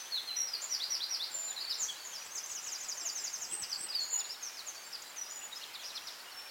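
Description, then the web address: Birds: dawn chorus with dense high trills and rapid twittering from several birds, steady throughout and easing slightly toward the close. Dawn chorus at dawn in Anglesey, Wales. "beanstalk-audio Dawn chorus in Anglesey Wales"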